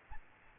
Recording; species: mosquito wingbeat signal from an infrared sensor; Aedes albopictus